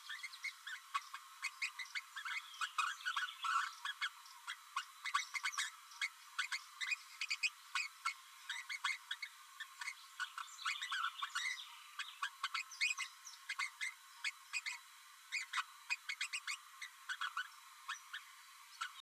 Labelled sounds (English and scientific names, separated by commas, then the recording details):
Green-rumped Parrotlet (Forpus passerinus) babbling
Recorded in a nest box in Venezuela
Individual 18B12A3